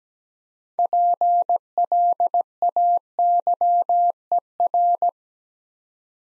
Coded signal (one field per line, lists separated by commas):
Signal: Morse code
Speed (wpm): 17 wpm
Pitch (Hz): 700 Hz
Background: none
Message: PLAYER